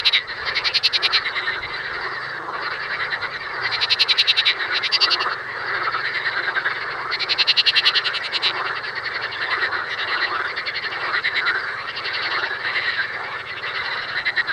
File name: Pelophylax ridibundus